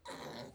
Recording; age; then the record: pig call; piglet (1 to 25 days)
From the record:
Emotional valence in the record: negative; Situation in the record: restrain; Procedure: back test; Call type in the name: low-frequency call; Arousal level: maximum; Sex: female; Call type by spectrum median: low-frequency call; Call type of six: low-frequency stable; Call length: 0.55 s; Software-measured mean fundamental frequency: 67 Hz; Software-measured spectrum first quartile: 521 Hz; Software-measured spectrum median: 1107 Hz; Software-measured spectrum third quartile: 3330 Hz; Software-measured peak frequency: 527 Hz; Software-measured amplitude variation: 118 dB a second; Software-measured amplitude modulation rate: 15.4 a second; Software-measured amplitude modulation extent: 7.7 dB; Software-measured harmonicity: 0.1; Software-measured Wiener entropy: -2.04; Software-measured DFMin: 1187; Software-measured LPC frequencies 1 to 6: 643, 1953, 4075, 5377, 6215, 7232 Hz